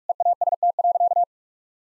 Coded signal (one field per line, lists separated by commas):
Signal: Morse code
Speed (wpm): 46 wpm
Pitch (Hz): 700 Hz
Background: none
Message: EAST.